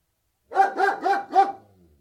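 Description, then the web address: German Shepherd barking, a quick burst of four deep, harsh barks in about one second, then quiet. Large Alsatian barking indoors, recorded with the microphone outside. "BBC. large alsatian barking with some birdsong dog interior microphone exterior"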